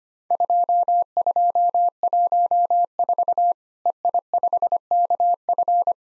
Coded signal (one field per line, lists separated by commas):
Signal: Morse code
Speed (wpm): 25 wpm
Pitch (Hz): 700 Hz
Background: none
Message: 2214 EI5KF